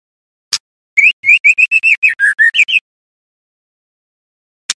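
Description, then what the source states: White-rumped shama song: a short click, then a rapid run of about a dozen chirping whistled notes that dip and rise, ending in silence and a click. Song with 'isian perih' filler phrases, used as masteran for training songbirds.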